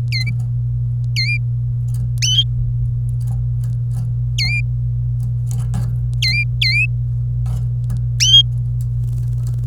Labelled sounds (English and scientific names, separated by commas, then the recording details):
Domestic Canary (Serinus canaria) song
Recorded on 26 April 2018 at 09:36
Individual llb3